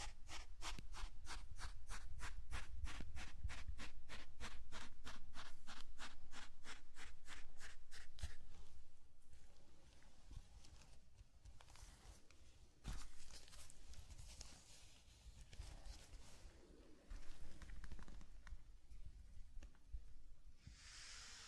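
Zen garden sand sounds open with a quick, regular run of brushing or tapping strokes, about three per second, that stops near eight seconds. After that come softer, uneven scratchy rubs and crinkles, with a sharp tap near thirteen seconds and a low rumble underneath throughout.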